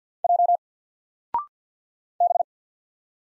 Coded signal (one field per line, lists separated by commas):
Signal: Morse code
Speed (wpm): 48 wpm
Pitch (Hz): 700 Hz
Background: none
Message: J B